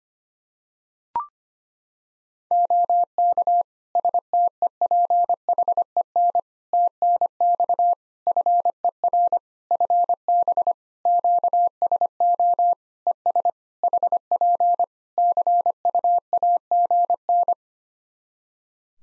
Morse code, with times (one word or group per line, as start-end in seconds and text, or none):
2.5-3.6 OK
4.0-6.4 STEPHEN
6.7-7.9 TNX
8.3-9.4 FER
9.7-10.7 FB
11.1-12.7 QSO
13.1-13.5 ES
13.8-14.8 HP
15.2-17.5 CUAGN